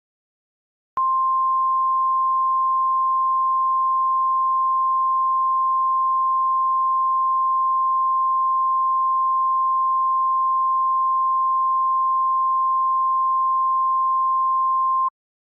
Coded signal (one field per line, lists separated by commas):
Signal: Emergency Alert System (SAME) tones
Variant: 1050 Hz attention tone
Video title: EAS Classic: YouTube Channel 2.0 Layouts Warning (Originally from 2009)